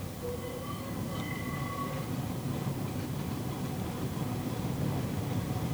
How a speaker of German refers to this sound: Die Straßenbahn mit den großen, schiefen Gesichtern an den Scheiben stößt und stolpert noch immer durch den November. So singt sie ihre quietschende Melodie in die Stadt hinein.